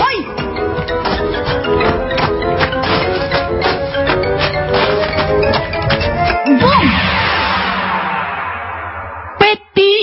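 A tin can worn on the head clatters loudly as its wearer trips over a piece of wire in the street and falls, a rapid, irregular string of metallic knocks and rattles, then the can rolls into a ditch with a softer, ringing wash before a couple of sharp final clanks.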